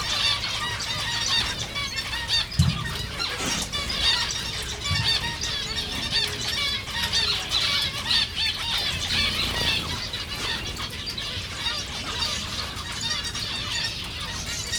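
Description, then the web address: Zebra finch calls, a busy flock chorus of quick nasal toots and twitters running continuously, with a few soft thumps in the background. Recorded at a zoo in Jászberény in 2015. "jaszberenyizoo 2015 professzionalis zebrapinty"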